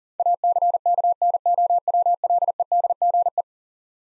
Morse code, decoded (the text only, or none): ACKNOWLEDGE